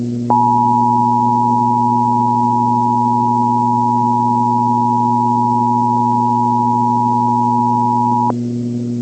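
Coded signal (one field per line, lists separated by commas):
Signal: Emergency Alert System (SAME) tones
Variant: 853 and 960 Hz attention tone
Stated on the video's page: Fictional EAS scenario, not a real alert.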